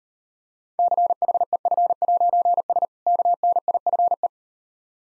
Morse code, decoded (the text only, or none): CHEF'S KNIFE